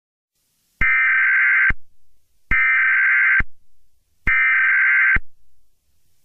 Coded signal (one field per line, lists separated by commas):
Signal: Emergency Alert System (SAME) tones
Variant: header bursts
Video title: EAS SCENARIO 5| CyberAttack On Electrical Grids